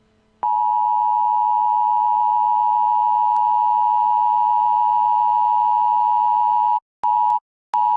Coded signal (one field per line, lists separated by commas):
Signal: Emergency Alert System (SAME) tones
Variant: 853 and 960 Hz attention tone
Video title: Eas scenario 1￼: Rhode Island problems